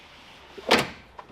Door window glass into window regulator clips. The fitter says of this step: couldn't stop did you hear that snapped right into place